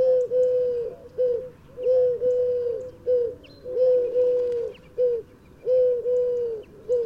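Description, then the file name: Eurasian collared dove cooing, low hollow notes repeated in a steady rhythm of long and short coos. "Eurasian Collared Dove Streptopelia decaocto"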